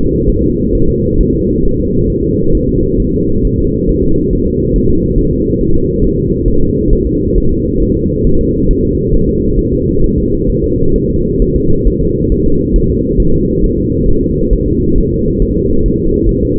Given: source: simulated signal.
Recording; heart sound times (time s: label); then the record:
fetal heart sounds
0.30 s: S1
0.44 s: S2
0.75 s: S1
0.89 s: S2
1.20 s: S1
1.35 s: S2
1.65 s: S1
1.80 s: S2
2.10 s: S1
2.24 s: S2
2.55 s: S1
2.69 s: S2
3.00 s: S1
3.14 s: S2
3.45 s: S1
3.59 s: S2
3.89 s: S1
4.04 s: S2
4.33 s: S1
4.47 s: S2
4.76 s: S1
4.90 s: S2
5.19 s: S1
5.33 s: S2
5.61 s: S1
5.75 s: S2
6.04 s: S1
6.19 s: S2
6.48 s: S1
6.62 s: S2
6.93 s: S1
7.07 s: S2
7.38 s: S1
7.52 s: S2
7.82 s: S1
7.97 s: S2
8.27 s: S1
8.41 s: S2
8.71 s: S1
8.85 s: S2
9.15 s: S1
9.29 s: S2
9.59 s: S1
9.73 s: S2
10.04 s: S1
10.18 s: S2
10.50 s: S1
10.64 s: S2
10.96 s: S1
11.10 s: S2
11.42 s: S1
11.56 s: S2
11.88 s: S1
12.02 s: S2
12.32 s: S1
12.46 s: S2
12.76 s: S1
12.90 s: S2
13.20 s: S1
13.34 s: S2
13.64 s: S1
13.78 s: S2
14.08 s: S1
14.23 s: S2
14.53 s: S1
14.68 s: S2
14.98 s: S1
15.12 s: S2
15.42 s: S1
15.57 s: S2
15.86 s: S1
16.00 s: S2
16.29 s: S1
16.43 s: S2
From the record:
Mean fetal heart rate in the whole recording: 135 bpm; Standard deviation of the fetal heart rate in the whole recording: 3 bpm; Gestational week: 36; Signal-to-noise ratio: -16.4 dB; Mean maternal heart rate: 72 bpm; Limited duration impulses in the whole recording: present